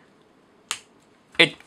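Plastic knee pieces of a Transformers Legacy Tarn action figure by Hasbro are plugged into the leg locks at the back. Two sharp, audible clicks are heard at 0.7 s and 1.4 s, the second louder and followed by a couple of faint ticks. The knees lock into place.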